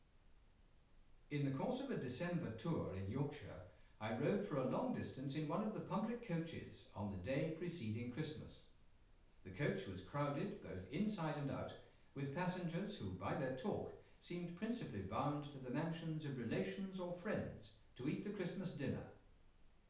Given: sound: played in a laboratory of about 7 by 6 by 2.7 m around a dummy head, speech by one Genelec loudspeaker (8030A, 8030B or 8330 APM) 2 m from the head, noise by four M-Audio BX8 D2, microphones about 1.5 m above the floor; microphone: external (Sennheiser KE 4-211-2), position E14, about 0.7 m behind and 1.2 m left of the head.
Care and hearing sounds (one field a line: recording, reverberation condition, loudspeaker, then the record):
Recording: male speech in English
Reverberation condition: medium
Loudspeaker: 30 degrees to the right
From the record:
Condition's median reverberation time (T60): about 510 ms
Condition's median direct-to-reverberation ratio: about -0.5 dB